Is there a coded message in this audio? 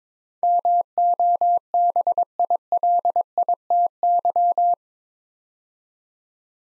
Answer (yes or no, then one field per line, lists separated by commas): yes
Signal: Morse code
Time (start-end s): 0.4-4.7 s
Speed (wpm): 23 wpm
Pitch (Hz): 700 Hz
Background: none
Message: MOBILITY